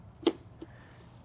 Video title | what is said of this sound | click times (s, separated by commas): MIele C3 Brilliant Vacuum Unboxing & Test | hear the click and you can see it lines up there again | 0.3 s